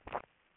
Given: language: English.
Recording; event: throat vibration sensor signal played as sound; swallow